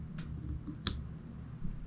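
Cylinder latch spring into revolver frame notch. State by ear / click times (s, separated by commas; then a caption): seated / 0.9 s. A revolver's cylinder latch is pushed all the way through the frame until its spring snaps onto the notch. A faint brushing tick comes at 0.2 s, then a sharp, bright click at 0.9 s as the spring seats, over low background hum. The latch spring is seated and confirmed.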